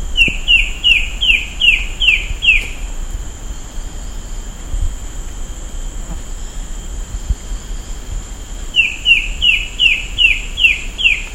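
Bird calling in quick runs of about seven sharp, down-slurred chirps, one run at the start and another near the end, over a steady high hum.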